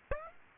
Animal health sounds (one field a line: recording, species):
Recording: mosquito wingbeat signal from an infrared sensor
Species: Aedes aegypti